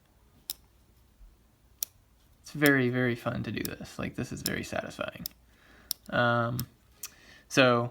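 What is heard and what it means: The closure of a metal card wallet is worked by hand and snaps shut onto the wallet body, with two sharp clicks at 0.5 s and 1.8 s as it locks in place. The clicks may include opening as well as locking. Someone then talks.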